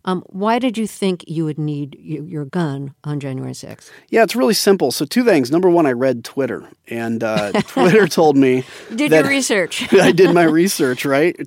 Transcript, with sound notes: Why did you think you would need your gun on January 6?
Yeah, it's really simple. So two things - No. 1, I read Twitter.
(Laughter).
And Twitter told me...
Did your research (laughter).
I did my research, right?